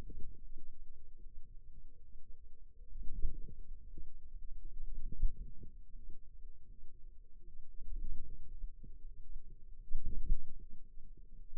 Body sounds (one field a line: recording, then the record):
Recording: forearm muscle sounds (acoustic myography)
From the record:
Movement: wrist extension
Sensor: system 2, bracelet of six BSWA MPA416 microphones around the upper forearm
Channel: 2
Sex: female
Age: 23 years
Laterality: right